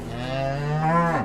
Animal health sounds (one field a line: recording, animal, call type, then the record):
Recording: contact call of a hoofed animal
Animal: cattle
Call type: low-frequency (closed-mouth) or high-frequency (open-mouth) call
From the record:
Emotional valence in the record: positive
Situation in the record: physical reunion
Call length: 1.26 s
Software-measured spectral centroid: 1510 Hz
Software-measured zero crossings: 1430 a second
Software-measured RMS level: -24 dBFS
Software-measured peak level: -8 dBFS